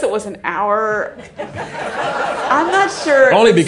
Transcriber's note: laughter